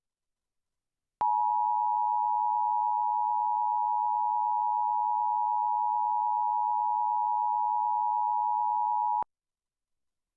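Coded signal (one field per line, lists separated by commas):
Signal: Emergency Alert System (SAME) tones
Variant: 853 and 960 Hz attention tone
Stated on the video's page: Tornado drill alerts received in Virginia.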